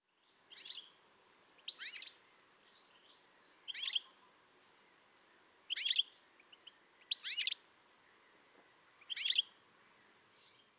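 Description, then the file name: European goldfinch calls, short bursts of sharp, high twittering notes repeated roughly every one to two seconds, over a steady low background hiss. "Carduelis carduelis"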